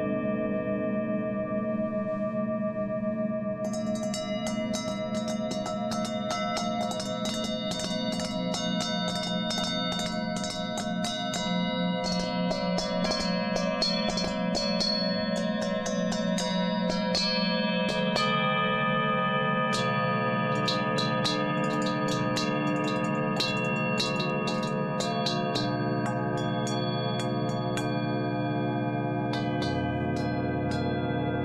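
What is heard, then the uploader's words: Tibetan singing bowls ring in long, steady overlapping tones while a deep, growling throat-singing drone holds underneath, its pitch shifting around 18 and 30 seconds. From about 4 seconds on, quick bright metallic strikes and chimes sparkle irregularly across the top. Relaxing Tibetan Singing Bowls music with some kind of kargyraa-style throat singing. Tibetan Singing Bowls with some Throat singing.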